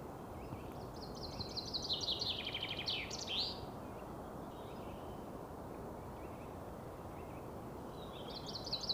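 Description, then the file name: Common chaffinch song, somewhat faint: a cascading trill tumbling downward into a terminal flourish, followed by quiet, then the opening notes of another phrase. "Fringilla coelebs"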